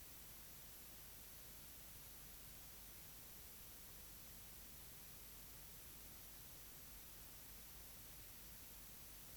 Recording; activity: daily activity, guitar pickup as the sensor; drink water